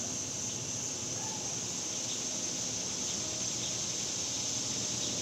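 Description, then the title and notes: Cicadas keep up a continuous hissing, high buzz, joined by a soft low rumble of background noise. Cicadas recorded outdoors in summer in the suburbs. "Ext Summer Cicadas, Suburbs by Bandeto"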